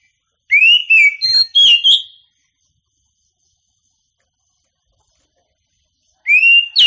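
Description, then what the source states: Oriental magpie-robin song: a rapid phrase of rising and slurred whistles, then long silence before another phrase begins at the end. Champion songbird.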